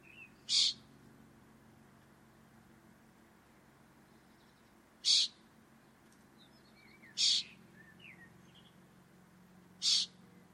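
Bird calls: four brief, sharp high notes at uneven intervals, with faint chirps from other birds between them and a low background hum.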